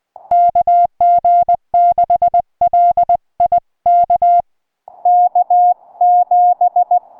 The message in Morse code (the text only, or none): KG6LI K K7